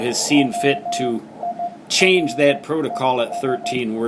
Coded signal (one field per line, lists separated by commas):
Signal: Morse code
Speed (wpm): 14 wpm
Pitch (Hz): 700 Hz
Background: speech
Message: WIRES